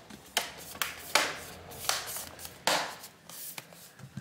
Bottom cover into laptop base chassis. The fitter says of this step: should click in position